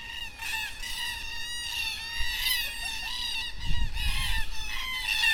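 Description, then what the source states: Black cockatoos giving harsh, drawn-out wailing calls that overlap one another continuously, with a low rumble of background noise underneath. Black cockatoos at dusk in Perth.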